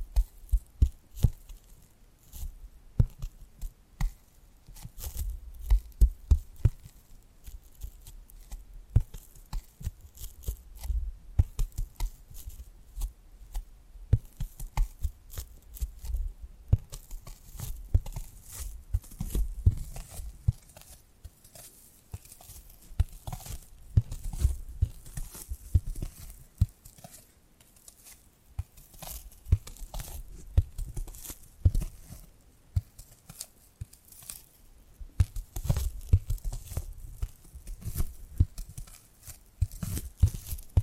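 Tapping and scratching sounds come in quick, irregular bursts for the full length, mostly dull and low with sharp clicky edges on the brighter taps. Scraping, crinkly rubbing fills the gaps, and the sound stays busy with few pauses.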